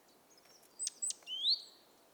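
Great tit gives a single call: two short high ticks and a rising slurred note, against a noisy hiss.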